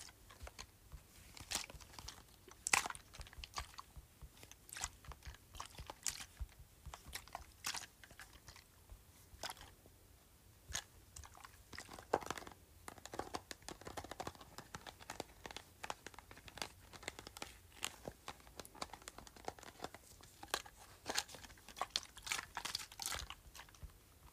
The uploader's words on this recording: ASMR Small Amount of Water in Plastic Bottle.